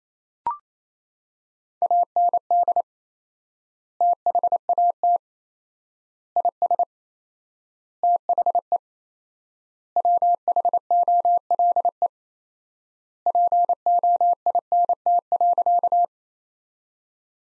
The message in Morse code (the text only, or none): AND THAT IS THE WHOLE POINT.